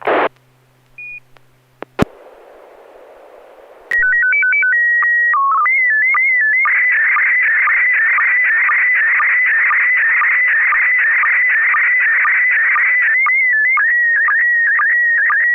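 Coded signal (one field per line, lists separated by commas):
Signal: SSTV (slow-scan television)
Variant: PD120 mode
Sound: short beeps and hiss, a stepped tone header, then warbling whine with regular low ticks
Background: FM radio hiss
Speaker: uh affirmative this picture is going to go out PD 120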